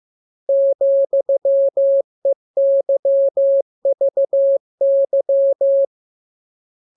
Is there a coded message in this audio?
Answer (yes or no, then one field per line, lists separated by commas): yes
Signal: Morse code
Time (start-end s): 0.5-5.8 s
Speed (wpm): 15 wpm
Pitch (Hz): 550 Hz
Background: none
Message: ,EYVY